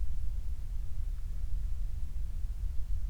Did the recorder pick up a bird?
no